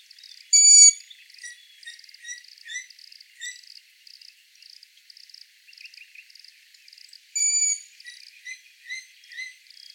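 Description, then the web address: Long-eared Owl with two loud, squeaky drawn-out calls several seconds apart, over a constant stream of fast insect-like ticking and scattered small chirps. "asio otus call"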